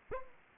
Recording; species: mosquito wingbeat signal from an infrared sensor; Anopheles arabiensis